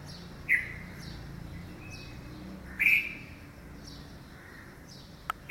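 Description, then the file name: Red-vented bulbul calls, two scratchy notes a couple of seconds apart, with faint bird notes and a click at the end. "Pycnonotus cafer - Red-vented Bulbul"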